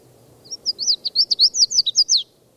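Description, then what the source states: Red-faced Warbler singing a brisk, high, warbled phrase of about a dozen slurred notes, rising in loudness and then stopping cleanly. Foot of Mount Eldon Road, 17 May, about 10 to 10:30; song given after several other calls while flying to another tree; recording started mid-song.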